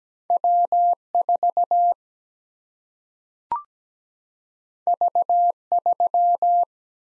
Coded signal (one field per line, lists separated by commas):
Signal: Morse code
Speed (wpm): 17 wpm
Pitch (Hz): 700 Hz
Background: none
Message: W 4 V 3